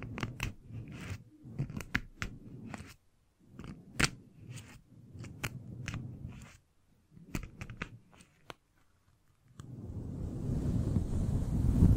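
Brushing and scratching against a microphone: a run of quick, irregular scrapes and sharp clicks with short silent gaps for the first nine and a half seconds. After that, a steady low rumbling rush rises and grows louder until the end.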